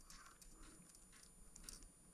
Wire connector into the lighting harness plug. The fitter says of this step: you're going to see how it goes in with the little clippies cuz you'll push it in and it'll click